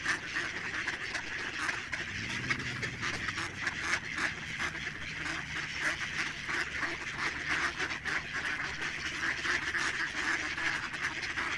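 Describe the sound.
Many ducks quacking together, a thick unbroken chorus of short nasal calls, with a lower drawn-out note briefly audible early on.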